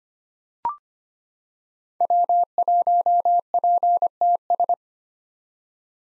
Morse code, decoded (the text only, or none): W1PTS